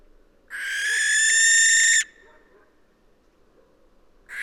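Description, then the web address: Barn owl screech: one harsh, hissing, rasping shriek lasting about one and a half seconds, then a quiet pause before another screech begins at the very end. "Schleiereule - Schleiereule - Tyto alba"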